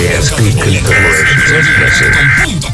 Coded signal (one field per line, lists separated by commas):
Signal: Emergency Alert System (SAME) tones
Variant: header bursts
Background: speech